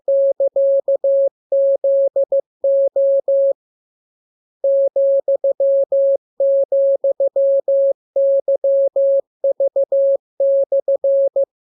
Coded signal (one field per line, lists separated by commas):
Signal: Morse code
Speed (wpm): 15 wpm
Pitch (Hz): 550 Hz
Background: none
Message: <KA>ZO ,,YV/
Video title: Learning Morse Code. Lesson 25. Letter KMURESNAPTLWI.JZ=FOY,VG5/Q